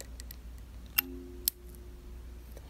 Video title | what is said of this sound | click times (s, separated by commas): Upholstery Method - HOW TO USE THE JUKI 241 | a little sound, but then I know that that has grabbed. | 1.0 s, 1.5 s